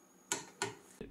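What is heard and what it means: A Parkside (Lidl) click-type torque wrench, set well below its lowest graduation of about 30 Nm, is pulled slowly on a torque tester. It gives sharp clicks at 0.3 s and 0.6 s, followed by a duller, lower knock near 1.0 s. The wrench breaks early at 21.7 Nm, is pushed on up to 23 Nm, and this is far too low.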